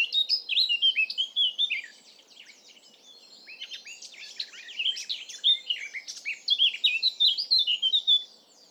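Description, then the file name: Eurasian blackcap singing two bursts of fast, varied warbling, a chattering opening phrase, a short pause, then a rich run of mixed scratchy and fluty notes. "Sylvia atricapilla"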